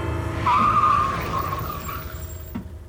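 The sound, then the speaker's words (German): A car brakes hard as its driver automatically stamps on the brake, its tires letting out a wavering high-pitched squeal for about a second over a low engine rumble, then the skid fades and a short thud follows. “Automatisch trat Belloir auf die Bremse.”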